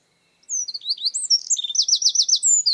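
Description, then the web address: Bird singing a high, fast phrase of slurred whistles followed by a rapid trill of repeated rising notes. "Bird Only"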